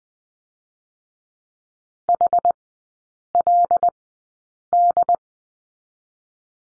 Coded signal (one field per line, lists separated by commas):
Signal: Morse code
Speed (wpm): 21 wpm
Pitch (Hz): 700 Hz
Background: none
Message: H L D